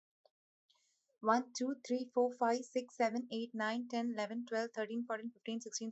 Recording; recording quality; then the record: counting at a fast pace; excellent, no background noise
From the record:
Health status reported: healthy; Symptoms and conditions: none ticked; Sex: female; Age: 41 years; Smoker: not ticked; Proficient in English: yes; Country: India